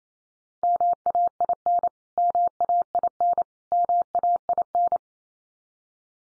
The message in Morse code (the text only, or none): MAIN MAIN MAIN